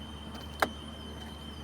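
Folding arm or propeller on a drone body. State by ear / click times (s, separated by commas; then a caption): seated / 0.6 s. During a preflight check, a folding arm or propeller on a drone body is unfolded and locks into position with a single sharp click at 0.6 s. The arm is seated. A steady low hum and a faint high tone continue in the background throughout.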